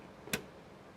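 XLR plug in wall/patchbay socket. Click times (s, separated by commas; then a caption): 0.3 s. The push catch on an XLR socket in a wall/patchbay is pressed to release the XLR plug, giving a single sharp click at 0.3 seconds. The plug is released and can then slide out.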